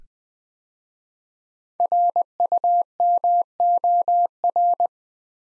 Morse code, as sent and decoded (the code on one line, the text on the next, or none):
.-. ..- -- --- .-.
RUMOR